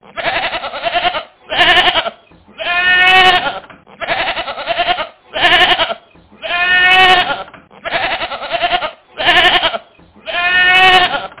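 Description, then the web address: Goat bleating repeatedly, several harsh, wavering bleats with short pauses between them. "materska-skola antalova-zuzana. koza"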